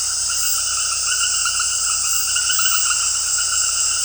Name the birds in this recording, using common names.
none